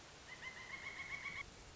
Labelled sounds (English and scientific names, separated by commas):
Pileated Woodpecker (Dryocopus pileatus)